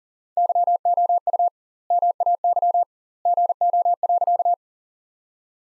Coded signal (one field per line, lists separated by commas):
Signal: Morse code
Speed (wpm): 37 wpm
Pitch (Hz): 700 Hz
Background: none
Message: YOU MAY GO.